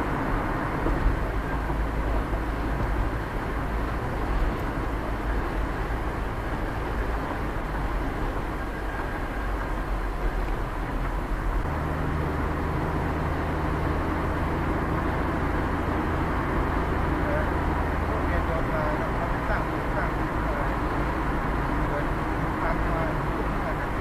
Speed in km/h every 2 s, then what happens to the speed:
51, 48, 47, 47, 49, 46, 45, 49, 51, 51, 50, 49.
0-11 steady at about 47. 16-24 steady at about 50.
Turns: none.